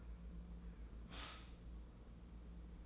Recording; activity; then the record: daily activity, microphone in the room; stop toaster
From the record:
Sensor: 1